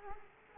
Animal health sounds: mosquito wingbeat signal from an infrared sensor; Culex quinquefasciatus

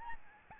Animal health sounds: mosquito wingbeat signal from an infrared sensor; Aedes albopictus

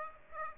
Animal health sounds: mosquito wingbeat signal from an infrared sensor; Aedes aegypti

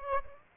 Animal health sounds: mosquito wingbeat signal from an infrared sensor; Aedes aegypti

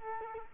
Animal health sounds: mosquito wingbeat signal from an infrared sensor; Culex quinquefasciatus

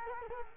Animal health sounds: mosquito wingbeat signal from an infrared sensor; Culex quinquefasciatus

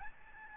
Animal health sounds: mosquito wingbeat signal from an infrared sensor; Aedes albopictus

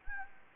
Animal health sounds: mosquito wingbeat signal from an infrared sensor; Anopheles gambiae

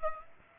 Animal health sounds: mosquito wingbeat signal from an infrared sensor; Aedes aegypti

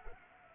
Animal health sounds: mosquito wingbeat signal from an infrared sensor; Anopheles gambiae

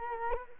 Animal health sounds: mosquito wingbeat signal from an infrared sensor; Culex quinquefasciatus

